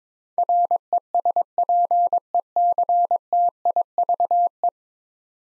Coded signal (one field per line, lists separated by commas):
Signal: Morse code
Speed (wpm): 22 wpm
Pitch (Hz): 700 Hz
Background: none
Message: RESPECTIVE